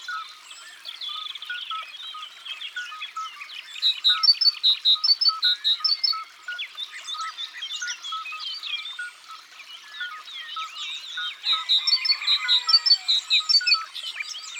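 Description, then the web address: Great tit singing bright repeated paired notes in two bursts, early and late, amid a constant tangle of other songbirds chirping and warbling. "Mesange charbonniere. abc de la nature"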